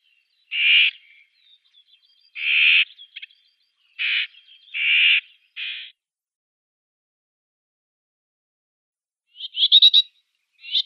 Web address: Schulze Peter Whitethroat calls